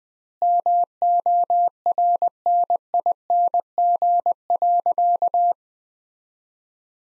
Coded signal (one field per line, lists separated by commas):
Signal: Morse code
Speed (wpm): 20 wpm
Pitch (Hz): 700 Hz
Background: none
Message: MORNING.